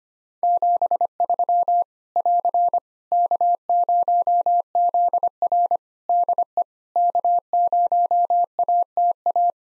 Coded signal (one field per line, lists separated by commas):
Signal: Morse code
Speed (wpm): 25 wpm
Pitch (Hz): 700 Hz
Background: none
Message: 73 <AR> K0ZR DE K0ATA